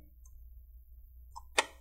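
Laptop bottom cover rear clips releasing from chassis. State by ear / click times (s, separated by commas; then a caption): released / 1.6 s. A guitar pick pries along the back side of the plastic bottom cover of an Acer Aspire 5 A514-54-356A laptop, over a low steady hum. Faint ticks at 0.3 s and 1.4 s lead up to a sharp, loud click at 1.6 s as the rear cover clips pop out and release from the chassis.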